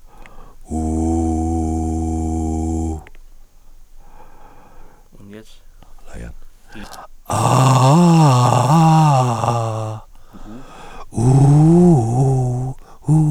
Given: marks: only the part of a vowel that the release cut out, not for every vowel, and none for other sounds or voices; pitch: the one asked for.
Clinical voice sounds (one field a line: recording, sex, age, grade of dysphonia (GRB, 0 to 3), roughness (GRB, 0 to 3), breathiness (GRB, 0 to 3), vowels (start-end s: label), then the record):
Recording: sustained vowels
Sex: male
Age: 40 to 49 years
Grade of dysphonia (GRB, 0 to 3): 3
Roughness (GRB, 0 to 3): 2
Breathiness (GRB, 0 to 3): 3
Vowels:
0.88-2.81 s: vowel /u/, low pitch
8.75-9.78 s: vowel /a/, low-high-low pitch
11.49-12.58 s: vowel /u/, low-high-low pitch
From the record:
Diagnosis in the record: recurrent laryngeal nerve paralysis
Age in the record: 47 years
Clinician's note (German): Frische links in Intermediärstellung, starke Verhauchung; keine stroboskopische Restbeweglichkeit; kein hyperfunktioneller Kompensationsversuch